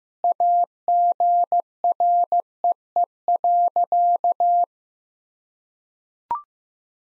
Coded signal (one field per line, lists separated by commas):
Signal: Morse code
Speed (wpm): 15 wpm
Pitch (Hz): 700 Hz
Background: none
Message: AGREE.